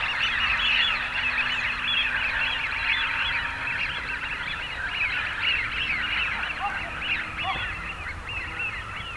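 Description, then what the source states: Eurasian wigeon whistles from a large flock, many short wheeoo notes blending into a constant chatter, with a faint low hum. Male.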